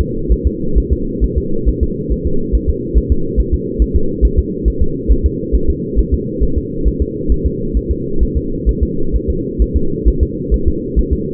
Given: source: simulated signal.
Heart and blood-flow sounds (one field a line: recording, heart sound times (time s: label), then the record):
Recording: fetal heart sounds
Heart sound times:
0.01 s: S2
0.32 s: S1
0.47 s: S2
0.78 s: S1
0.93 s: S2
1.24 s: S1
1.38 s: S2
1.69 s: S1
1.83 s: S2
2.12 s: S1
2.27 s: S2
2.55 s: S1
2.69 s: S2
2.98 s: S1
3.12 s: S2
3.40 s: S1
3.54 s: S2
3.82 s: S1
3.96 s: S2
4.25 s: S1
4.39 s: S2
4.68 s: S1
4.82 s: S2
5.12 s: S1
5.26 s: S2
5.55 s: S1
5.70 s: S2
5.99 s: S1
6.14 s: S2
6.43 s: S1
6.58 s: S2
6.88 s: S1
7.02 s: S2
7.32 s: S1
7.46 s: S2
7.77 s: S1
7.91 s: S2
8.23 s: S1
8.37 s: S2
8.69 s: S1
8.83 s: S2
9.16 s: S1
9.30 s: S2
9.62 s: S1
9.76 s: S2
10.08 s: S1
10.23 s: S2
10.54 s: S1
10.68 s: S2
10.99 s: S1
11.13 s: S2
From the record:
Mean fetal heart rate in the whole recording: 135 bpm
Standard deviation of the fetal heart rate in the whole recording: 3 bpm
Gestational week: 34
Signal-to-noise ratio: -8.1 dB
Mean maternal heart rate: 72 bpm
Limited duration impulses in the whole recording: absent